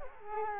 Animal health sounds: mosquito wingbeat signal from an infrared sensor; Culex quinquefasciatus

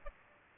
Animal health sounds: mosquito wingbeat signal from an infrared sensor; Aedes aegypti

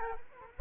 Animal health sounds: mosquito wingbeat signal from an infrared sensor; Culex quinquefasciatus

